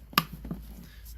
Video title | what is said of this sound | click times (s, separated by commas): Xenon (D2S) headlight bulb replacement BMW 530d e60 | It clicks back into place. There's one. | 0.2 s